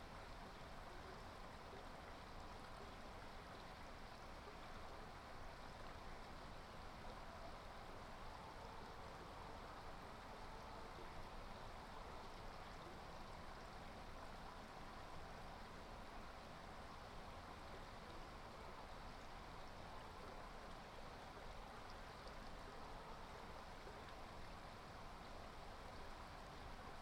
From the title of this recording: Tar Hollow, Brook